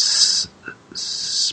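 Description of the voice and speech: A long, drawn-out hissing 's' sound, a brief near-silent pause with faint voicing, then a second stretched 's' as the word begins. This is a deliberately produced stutter, a sound prolongation on 'Sprite', used as a voluntary-stuttering technique, pulling out of the stutter into the word.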